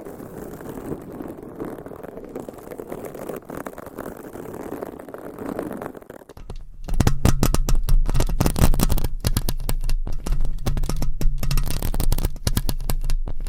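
Scratching and rubbing on a microphone cover. For the first six seconds it is a soft, steady, low rustle; then a brief dip, and from about seven seconds dense, rapid scraping with sharp crackles and a heavy low thump runs to the end.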